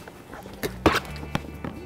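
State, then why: Not seated. The Isofix arms of a Cybex Pallas G i-Size child car seat, slid out using the buttons on the side, are handled toward the metal Isofix anchor bars on the back seat between the backrest and the seat cushion. Soft handling thumps are heard over steady background music, with a sharp knock at 0.9 s and a brief tap at 1.4 s. Nothing has clicked onto the anchors yet.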